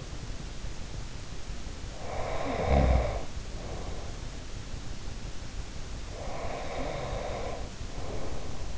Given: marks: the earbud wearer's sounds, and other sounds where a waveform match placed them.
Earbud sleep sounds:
sounds in sleep by an in-ear microphone; snoring breath, breath
2.00-4.34 s: snoring breath
6.02-8.78 s: breath

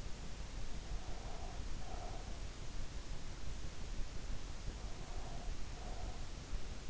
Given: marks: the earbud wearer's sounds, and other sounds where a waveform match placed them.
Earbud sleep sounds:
sounds in sleep by an in-ear microphone; breath
0.90-2.38 s: breath
4.89-6.24 s: breath

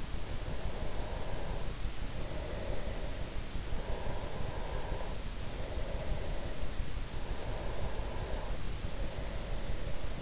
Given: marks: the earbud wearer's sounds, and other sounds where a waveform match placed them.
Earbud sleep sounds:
sounds in sleep by an in-ear microphone; breath
0.00-3.31 s: breath
3.59-6.85 s: breath
7.14-10.22 s: breath

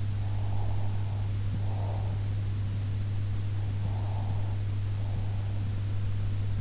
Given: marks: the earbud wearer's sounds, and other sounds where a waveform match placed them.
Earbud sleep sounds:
sounds in sleep by an in-ear microphone; breath
0.10-2.33 s: breath
3.62-5.88 s: breath

